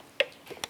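A plastic lid is placed on a blender pitcher and pressed down until it locks. A sharp click sounds at 0.2 s, followed by a second, softer click at about 0.6 s, and the lid is seated.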